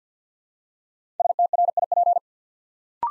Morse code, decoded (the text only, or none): STRIP